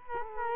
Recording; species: mosquito wingbeat signal from an infrared sensor; Culex quinquefasciatus